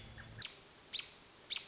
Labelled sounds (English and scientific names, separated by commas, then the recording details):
American Robin (Turdus migratorius)
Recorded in Sonoma County, California